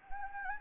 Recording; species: mosquito wingbeat signal from an infrared sensor; Anopheles gambiae